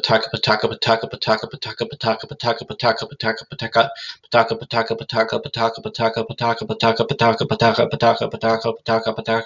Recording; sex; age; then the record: repeated syllables /pa ta ka/; male; 30 to 39 years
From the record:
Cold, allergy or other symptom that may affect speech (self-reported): no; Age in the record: 33 years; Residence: Texas, United States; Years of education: 14